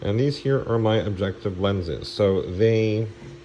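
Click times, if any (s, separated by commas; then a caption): none. Objective lenses on the revolving nosepiece of a microscope are being turned by hand while someone talks over a faint steady hum. Nothing has seated or clicked yet.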